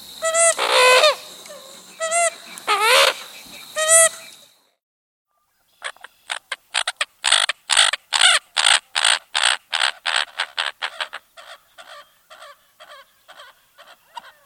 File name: American Coot